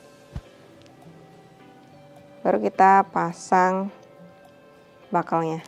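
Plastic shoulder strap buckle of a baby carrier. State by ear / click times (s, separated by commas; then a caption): not seated / none. The shoulder pad strap of a baby carrier is pulled around to the front and lined up before its plastic buckle is fastened, with only faint handling sounds while someone talks. Nothing has clicked or seated yet.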